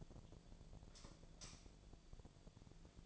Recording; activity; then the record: daily activity, microphone in the room; light off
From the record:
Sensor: 5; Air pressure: 1009.9 hPa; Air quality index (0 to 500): 160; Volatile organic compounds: 4 ppm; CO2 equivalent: 1555 ppm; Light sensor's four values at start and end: 173/440/183/197 and 173/438/183/196